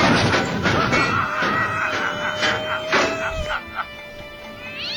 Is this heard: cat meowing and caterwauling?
yes